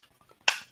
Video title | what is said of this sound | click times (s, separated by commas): Slicey Boy Saturday #8 - Ozark Trial Knives (Ridgeline, Glacier, Trailman etc) | You can hear like the distinctive like click into place there. | 0.5 s